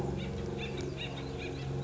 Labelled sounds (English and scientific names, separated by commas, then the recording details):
Acorn Woodpecker (Melanerpes formicivorus)
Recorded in Sonoma County, California